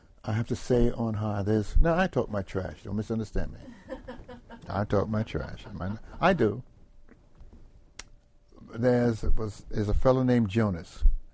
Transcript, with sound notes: I have to say on high there is—now I talk my trash, don’t misunderstand me. [Laughter] I talk my trash, I do. There was a fellow named Jonas